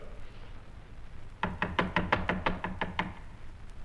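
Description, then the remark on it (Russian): Someone raps on a wooden door in a performance of Gorky's play The Lower Depths, about ten firm knocks in a quick, steady rhythm, each a sharp hollow thud, beginning after a moment of quiet and stopping abruptly. “Кто там? Кто там?”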